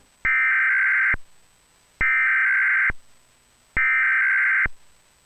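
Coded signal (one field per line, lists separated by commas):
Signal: Emergency Alert System (SAME) tones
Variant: header bursts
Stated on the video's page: Required Monthly Test from a Sage ENDEC model 1822 daisy-chained to a Trilithic EASyPLUS encoder/decoder, not connected to any transmitter; a demonstration.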